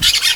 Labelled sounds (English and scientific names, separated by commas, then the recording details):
Brown-throated Parakeet (Eupsittula pertinax) contact call
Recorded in Venezuela
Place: Guárico; Corozopando; Fundo La Fe
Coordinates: 8.506, -67.593